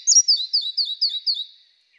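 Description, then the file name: Red-breasted flycatcher phrase of about six high, slurred, two-note elements repeated quickly and evenly, then fading out. "Mathias Ritschard - Malaya muholovka Ficedula parva"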